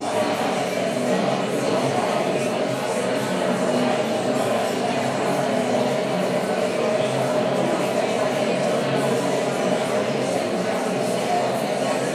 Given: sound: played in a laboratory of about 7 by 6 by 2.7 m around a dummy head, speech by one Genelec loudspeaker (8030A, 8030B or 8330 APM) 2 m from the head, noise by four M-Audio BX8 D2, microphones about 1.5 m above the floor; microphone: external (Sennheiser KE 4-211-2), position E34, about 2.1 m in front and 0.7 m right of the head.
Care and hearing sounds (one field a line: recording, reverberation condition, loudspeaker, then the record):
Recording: babble noise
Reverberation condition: high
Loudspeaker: four, about 170 cm from the corners of the room and facing them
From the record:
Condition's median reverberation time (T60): about 1300 ms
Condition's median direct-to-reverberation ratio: about -4.0 dB